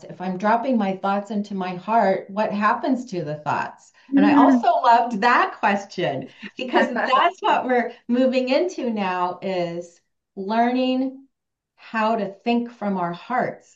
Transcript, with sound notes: If I'm dropping my thoughts into my heart, what happens to the thoughts?"
Mm-hmm.
And I also loved that question.
(laughs)
Because that's what we're moving into now, is learning how to think from our hearts.